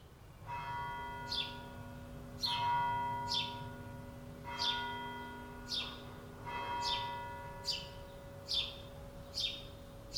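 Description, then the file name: House sparrow giving several chirps at short intervals, over a steady tonal hum and a low rumble. "Passer domesticus"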